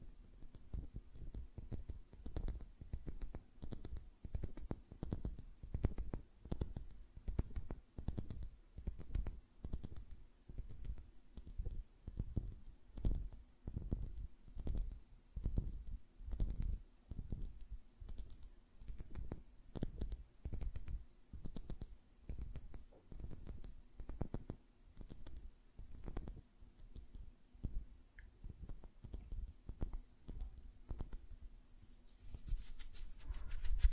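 Fingernails tap and flutter in quick, uneven bursts, a dense run of light clicks and soft thuds carrying steadily through the whole stretch. The taps come several per second with brief gaps, and a faint low hum sits underneath.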